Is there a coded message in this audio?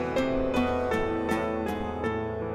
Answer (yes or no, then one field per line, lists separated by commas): no